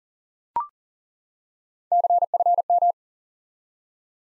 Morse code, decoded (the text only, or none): CFM